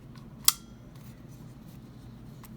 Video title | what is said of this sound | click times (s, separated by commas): Fujikura 41S remote basic training | you want to do is you want to arm it by lifting it all the way up till you hear a click then | 0.5 s